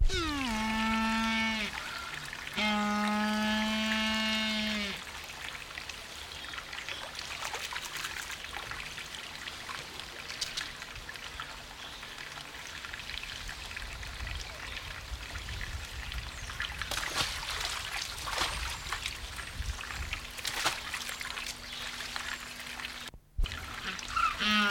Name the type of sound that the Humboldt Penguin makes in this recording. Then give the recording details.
call. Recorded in captivity. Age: adult. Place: Zoo Berlin, Berlin, DE. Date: 1994-02-12 12:02. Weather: bedeckt, leichter Schneefall, um 0°C. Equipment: Marantz CP 430, Sennheiser MKH 416 T, Kopie Uher Variocord 263. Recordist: Tembrock, Günter